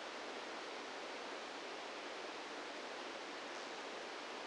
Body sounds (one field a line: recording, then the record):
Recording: brain microelectrode recording played as sound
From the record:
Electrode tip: outside the subthalamic nucleus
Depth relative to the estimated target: 3 mm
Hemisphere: right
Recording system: NeuroSet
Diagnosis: Parkinson's disease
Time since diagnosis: 17 years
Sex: male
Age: 64 years